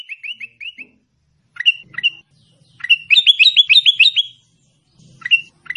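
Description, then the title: Sooty-headed bulbul opening with five quick, even chirps, then spaced single notes, then a rapid burst of falling notes before more lone chirps. "Suara Burung Kutilang"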